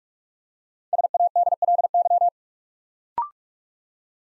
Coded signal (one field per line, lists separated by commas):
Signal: Morse code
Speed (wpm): 44 wpm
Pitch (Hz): 700 Hz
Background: none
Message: SADLY